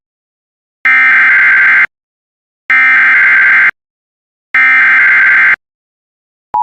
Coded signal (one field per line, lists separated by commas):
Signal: Emergency Alert System (SAME) tones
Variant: header bursts